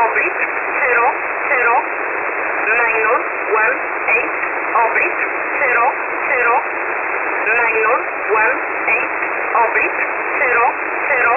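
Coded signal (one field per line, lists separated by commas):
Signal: numbers station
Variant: E11 Oblique, English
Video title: E11 Oblique 30/01/2024 1430 UTC 13363kHz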